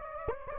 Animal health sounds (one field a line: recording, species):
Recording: mosquito wingbeat signal from an infrared sensor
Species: Anopheles gambiae